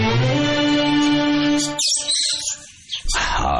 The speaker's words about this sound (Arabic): جميلة العصافير دي يا أبو دنيا، جميلة قوي. دنيا هي اللي جايباها. نوع أسترالي مدهش